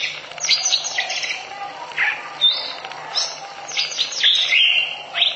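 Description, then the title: Oriental magpie-robin song, varied clear whistles, upslurs and chattering notes in a continuous sequence, with a faint low hum beneath. Long-duration song. "Kacer Durasi Panjang"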